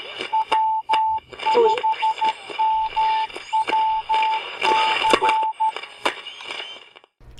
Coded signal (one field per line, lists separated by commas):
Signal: Morse code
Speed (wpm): 13 wpm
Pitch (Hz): 880 Hz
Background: radio noise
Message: W5MWC